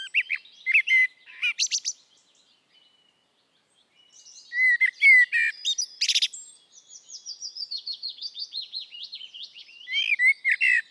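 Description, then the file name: Common blackbird song: a squeaky high phrase, a quiet gap, then another phrase leading into a long run of rapid chittering notes and a final twittering burst. "Turdus merula"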